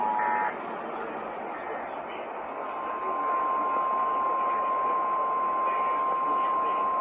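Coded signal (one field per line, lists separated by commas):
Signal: Emergency Alert System (SAME) tones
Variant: 853 and 960 Hz attention tone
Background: speech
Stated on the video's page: Wisconsin required monthly test received on two stations.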